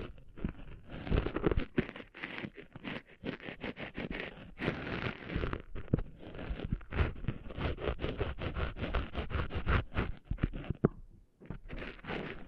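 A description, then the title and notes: Sand being cleaned out of ears makes a dense, scratchy rubbing that crackles and rasps almost without pause. Quick, irregular scrapes and grainy pops fill the low and middle range, with brief lulls near five seconds and again just before eleven seconds. ASMR Cleaning Sand Out of Your Ears (No Talking).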